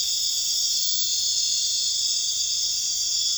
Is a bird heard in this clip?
no